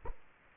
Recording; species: mosquito wingbeat signal from an infrared sensor; Culex quinquefasciatus